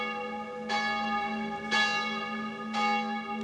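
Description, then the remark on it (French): The church bell of Blesheim, a small village of 950 inhabitants 20 km from Strasbourg, France, tolls three times at 9 pm at a slow, even pace, each strike ringing out and leaving a rich, sustained hum of overtones that carries into the next. “Au moment où la cloche sonnait, Valéry Giscard d'Estaing et Helmut Schmidt passaient de la petite marmite Henri IV au tourne-dos strasbourgeois.”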